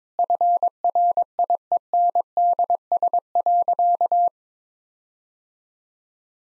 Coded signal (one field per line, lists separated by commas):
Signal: Morse code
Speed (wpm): 22 wpm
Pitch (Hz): 700 Hz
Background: none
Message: FRIENDS.